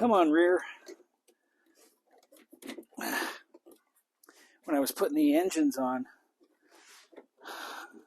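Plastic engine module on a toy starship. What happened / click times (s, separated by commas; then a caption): Handled, not yet home: no seating click yet / none. A plastic engine module is handled while it is being put onto a toy starship, with someone talking at the start and again near the five-second mark. Between the speech there are faint handling sounds and soft rustling. Nothing has seated or clicked into place yet by the end of the clip.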